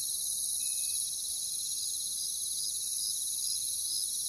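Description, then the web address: Cricket chorus: unbroken shrill, high trilling from many insects, steady and even, with faint higher pulsing notes layered over it. "Echoes of Nature - Jungle Talk. Crickets"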